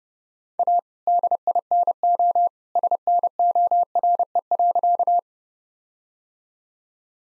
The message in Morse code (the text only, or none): A DINO SNORE.